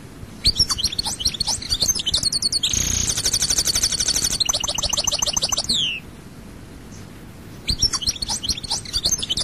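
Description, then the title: European goldfinch singing bright, rapid twittering phrases with a rattling buzzy section, then a pause of about two seconds before the chatter resumes. "Chant Chardonneret"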